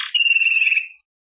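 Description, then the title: Belgian canary song: a rapid rolling trill that smooths into a steady high whistle lasting under a second, then fades out. "Canario Belga"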